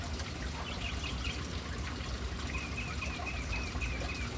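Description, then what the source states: Birds giving a short series of soft repeated chirps, partly masked by loud splashing fountain water. City birds hanging around an urban fountain.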